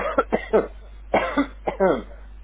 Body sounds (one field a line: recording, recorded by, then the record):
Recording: voluntary cough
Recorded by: telephone call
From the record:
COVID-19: positive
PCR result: checked with the laboratory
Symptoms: no